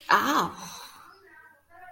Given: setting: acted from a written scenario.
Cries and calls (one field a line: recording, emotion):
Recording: vocal sound without words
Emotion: negative surprise